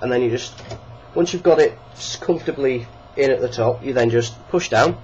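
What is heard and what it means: An AGP graphics card is being handled at the motherboard AGP slot, lined up and eased in at the top before being pushed down until its retention tab locks. Throughout the clip someone talks, with a steady low hum underneath. Nothing has seated or clicked yet.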